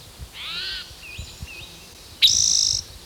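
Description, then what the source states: Spotted Towhee song: a buzzy trill, then a louder, higher buzzy trill lasting about half a second. Successive vocalizations of individual number 3, counted aloud by the recordist.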